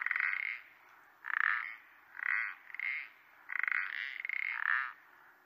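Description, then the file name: Common parsley frog croaking: a run of rasping, slightly pulsed croaks close together. "pelodyte-ponctué"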